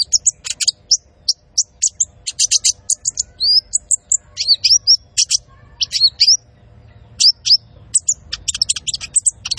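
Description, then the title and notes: Van Hasselt's sunbird song of scattered sharp high chips and quick up-slurred whistles, some notes in rapid pairs. Constantly singing (gacor) bird with full fill-ins (isian) and shots (tembakan), used to train cage birds and as a lure (pancingan). "MASTERAN KOLIBRI NINJA TERBAIK FULL ISIAN DAN TEMBAKAN MEWAH COCOK BUAT PANCINGAN. Suara Burung Kolibri Ninja Gacor"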